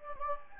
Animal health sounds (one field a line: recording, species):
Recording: mosquito wingbeat signal from an infrared sensor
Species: Anopheles gambiae